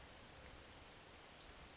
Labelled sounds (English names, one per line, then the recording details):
Western Flycatcher
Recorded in Sonoma County, California